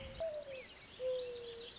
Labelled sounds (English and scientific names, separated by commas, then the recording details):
Mourning Dove (Zenaida macroura)
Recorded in Sonoma County, California